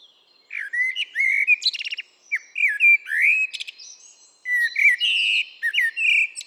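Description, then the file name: Eurasian blackbird singing a continuous, varied stream of fluty whistles, rapid high rattles and squeaky twitters, with a brief lull midway. "Turdus merula"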